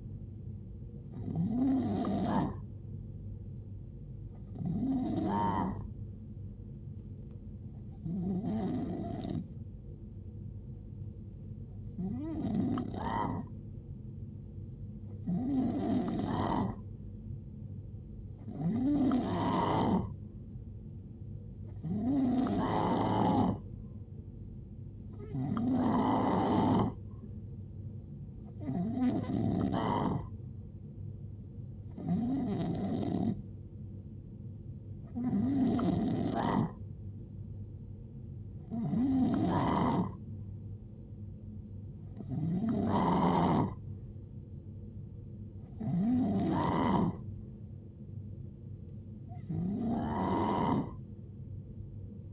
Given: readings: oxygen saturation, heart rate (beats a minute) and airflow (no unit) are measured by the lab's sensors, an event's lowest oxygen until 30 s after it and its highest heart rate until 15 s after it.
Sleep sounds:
breathing in sleep by a smartphone at the bedside; none
none scored
From the record:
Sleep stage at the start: N2 (light sleep); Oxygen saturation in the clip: 89 to 91%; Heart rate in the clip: 57 to 76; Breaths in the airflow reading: 15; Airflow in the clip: -6.8 to 5.1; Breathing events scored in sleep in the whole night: 389 in 6.3 hours asleep

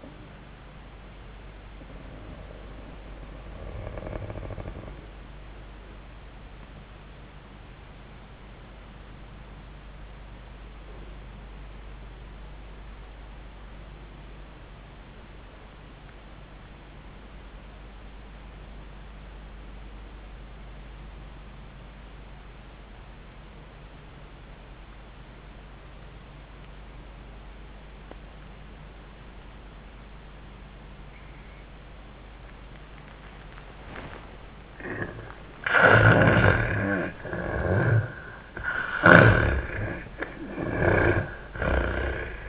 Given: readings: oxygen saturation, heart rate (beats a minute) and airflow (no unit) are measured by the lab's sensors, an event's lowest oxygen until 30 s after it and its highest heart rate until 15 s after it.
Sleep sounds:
a person awake in a sleep study, by a voice recorder at the bedside; 1
11.00-33.90 s: obstructive apnea (N1, oxygen 98% highest, then 76% lowest, heart rate 67 at the start, 93 highest)
11.00-41.00 s: new sleep stage, awake
22.00-41.00 s: awake
41.00-42.49 s: new sleep stage, N1 (lightest sleep)
From the record:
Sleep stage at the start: N1 (lightest sleep); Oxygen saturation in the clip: 79 to 98%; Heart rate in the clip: 67 to 81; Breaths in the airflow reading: 4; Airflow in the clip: -9.7 to 8.5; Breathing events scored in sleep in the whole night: 400 in 8.7 hours asleep

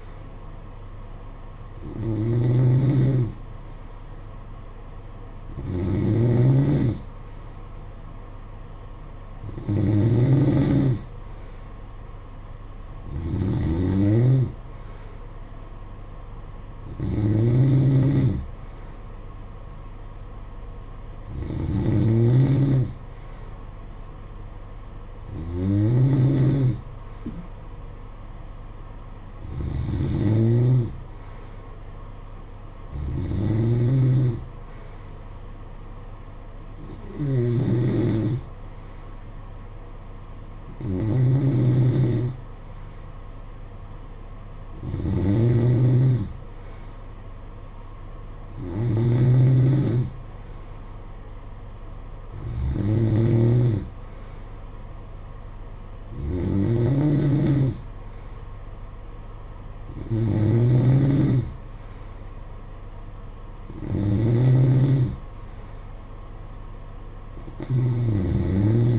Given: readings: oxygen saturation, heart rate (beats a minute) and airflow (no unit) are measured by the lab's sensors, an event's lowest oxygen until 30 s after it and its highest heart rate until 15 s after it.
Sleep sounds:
breathing in sleep by a smartphone at the bedside; none
none scored
From the record:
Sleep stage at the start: N2 (light sleep); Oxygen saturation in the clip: 92 to 93%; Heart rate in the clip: 53 to 57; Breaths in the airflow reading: 18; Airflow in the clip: -9.4 to 6.4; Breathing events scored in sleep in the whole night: 476 in 9.7 hours asleep

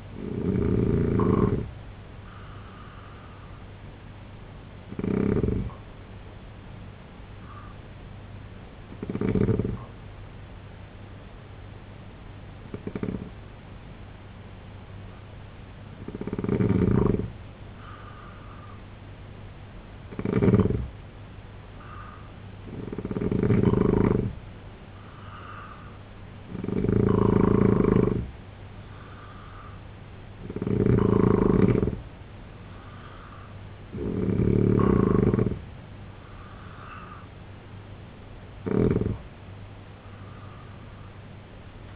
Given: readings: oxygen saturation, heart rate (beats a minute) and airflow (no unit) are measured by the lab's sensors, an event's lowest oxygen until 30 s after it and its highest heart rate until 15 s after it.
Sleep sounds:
breathing in sleep by a voice recorder at the bedside; 1
8.00-22.60 s: hypopnea (N2, oxygen 92% highest, then 87% lowest, heart rate 71 at the start, 76 highest)
From the record:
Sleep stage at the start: N2 (light sleep); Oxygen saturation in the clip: 87 to 92%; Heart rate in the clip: 68 to 76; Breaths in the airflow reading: 9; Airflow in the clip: -3.6 to 5.4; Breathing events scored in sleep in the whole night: 258 in 7.4 hours asleep

